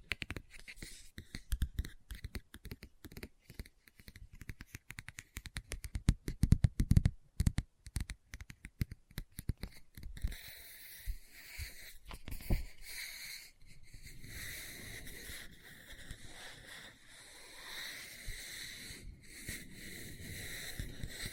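Fingers tap quickly on a book for the first ten seconds, a dense run of crisp clicks with a few heavier thuds around the seventh second. Then the tapping gives way to steady, bright scratching across the cover, broken by brief pauses near 13 and 17 seconds.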